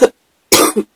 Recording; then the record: coughing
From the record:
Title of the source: 60 coughing still (deep and wet cough)